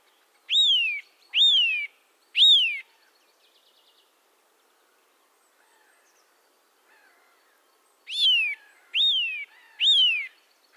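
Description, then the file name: Eurasian nuthatch calls: three clear descending whistles, a pause of several seconds, then three more in quick succession. "Sitta europaea"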